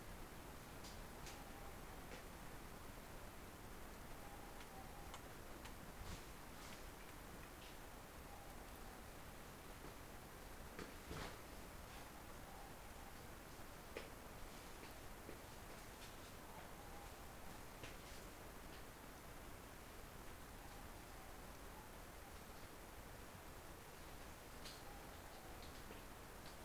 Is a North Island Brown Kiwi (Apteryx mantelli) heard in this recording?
no